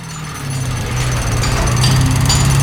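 Loud, steady construction machinery noise at a building site in a new housing development, with a rapid jackhammer-like pounding and a low droning engine hum, continuous throughout with no voices.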